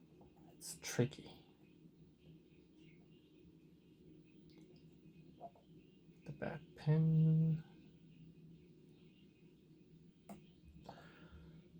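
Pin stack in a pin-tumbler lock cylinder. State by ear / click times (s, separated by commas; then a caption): seated / 10.3 s. While picking a 9-pin Keso 1000 pin-tumbler lock cylinder with a pick and tension tool, someone talks as the back pin is worked. At 10.3 s a short, faint click is heard as the metal pin sets at the shear line and seats.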